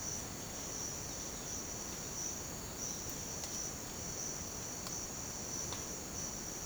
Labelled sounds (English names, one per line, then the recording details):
none
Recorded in secondary vegetation near Puerto Asís, Putumayo, Colombia, on 30 June 2025 at 07:30
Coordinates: 0.500, -76.326
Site GP08